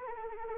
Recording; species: mosquito wingbeat signal from an infrared sensor; Anopheles arabiensis